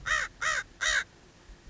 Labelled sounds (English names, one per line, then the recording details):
American Crow
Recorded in Sonoma County, California